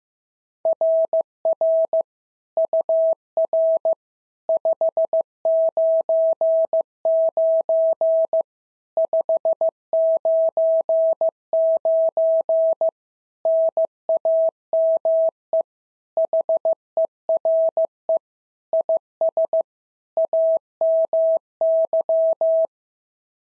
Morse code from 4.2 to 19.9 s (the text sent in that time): 599 599 NAME HERE IS